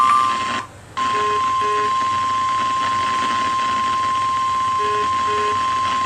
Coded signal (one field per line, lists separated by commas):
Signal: Emergency Alert System (SAME) tones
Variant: 1050 Hz attention tone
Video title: EAS #655: Severe Thunderstorm Warning (5/18/2013)